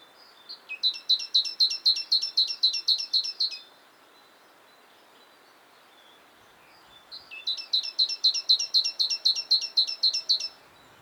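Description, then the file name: Great tit giving two bursts of quick, ringing repeated notes, each lasting three to four seconds, separated by a quiet pause of several seconds. "Parus major"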